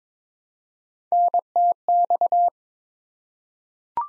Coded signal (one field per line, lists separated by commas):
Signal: Morse code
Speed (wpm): 22 wpm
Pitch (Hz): 700 Hz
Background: none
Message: NTX